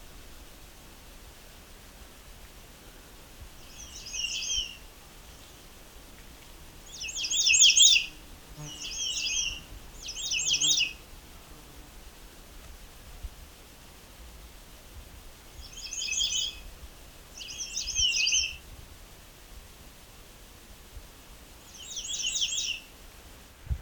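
Birds sing at a slow, relaxed pace in Bruce Peninsula National Park, Ontario. Short bright chirping phrases come in loose clusters around 4–11 seconds, again near 16–18 seconds and at 22 seconds, with quiet gaps between. A soft low hiss runs underneath throughout.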